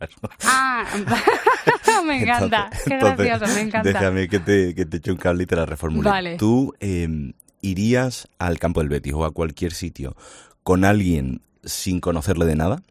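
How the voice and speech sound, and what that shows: An adult man speaks fluent, conversational Spanish with clear articulation, normal rate, and natural intonation.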